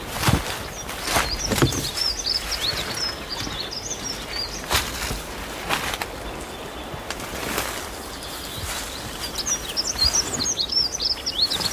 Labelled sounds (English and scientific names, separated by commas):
Dunnock (Prunella modularis) song